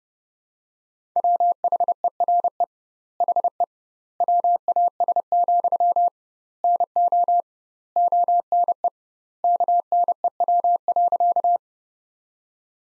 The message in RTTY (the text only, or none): none